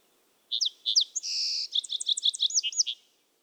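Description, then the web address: Song sparrow song: two clear introductory notes, a short buzzy note, then a rapid, jumbled series of bright notes, the whole song lasting about two and a half seconds. "soundandlightecologyteam"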